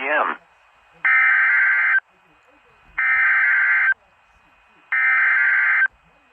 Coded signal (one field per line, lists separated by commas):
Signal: Emergency Alert System (SAME) tones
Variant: header bursts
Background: speech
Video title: Special Marine Warning Upton NY EAS#68 NOAA Weather Radio Station KWO35